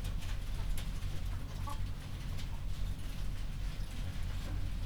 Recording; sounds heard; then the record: poultry house recording; healthy chickens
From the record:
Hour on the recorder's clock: 21